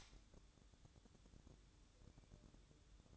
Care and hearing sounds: daily activity, microphone in the room; light on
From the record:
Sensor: 3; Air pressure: 1007.9 hPa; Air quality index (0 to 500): 96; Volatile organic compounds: 1 ppm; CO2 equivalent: 808 ppm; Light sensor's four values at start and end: 9/22/9/9 and 17/47/20/18

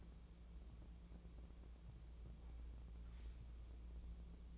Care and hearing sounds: daily activity, microphone in the room; wipe stove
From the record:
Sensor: 1

